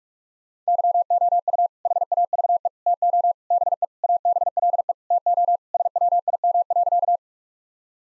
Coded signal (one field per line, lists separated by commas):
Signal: Morse code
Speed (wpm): 46 wpm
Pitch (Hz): 700 Hz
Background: none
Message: YOU HAVE TO BE ABLE TO SWIM.